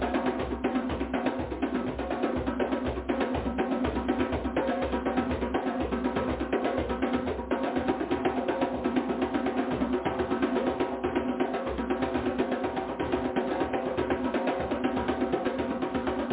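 Dense, rapid drumming with fast, evenly spaced hits over a low rumble, holding at a steady loudness for the whole stretch, with a dull, muffled top.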